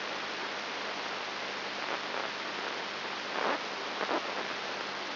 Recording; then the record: brain microelectrode recording played as sound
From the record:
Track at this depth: inside the subthalamic nucleus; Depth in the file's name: 1.306 mm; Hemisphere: left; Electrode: 3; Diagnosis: Parkinson's disease